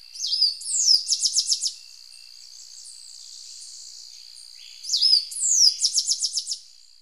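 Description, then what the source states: Tricolored brush-finch singing the same high phrase twice, a few seconds apart: sliding whistles, then a quick series of short sharp notes, over a steady high hiss. Ecuador.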